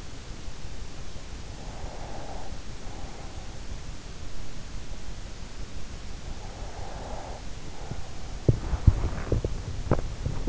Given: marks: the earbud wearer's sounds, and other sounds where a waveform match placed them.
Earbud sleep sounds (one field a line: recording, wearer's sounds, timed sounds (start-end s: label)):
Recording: sounds in sleep by an in-ear microphone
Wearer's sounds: breath, body movement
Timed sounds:
1.33-3.89 s: breath
5.98-8.34 s: breath
8.04-10.49 s: body movement